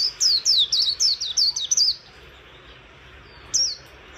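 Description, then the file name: White-eye giving a fast burst of high, slurred chirps for two seconds, then quiet before one final short note. "Zosterops"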